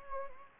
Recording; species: mosquito wingbeat signal from an infrared sensor; Anopheles gambiae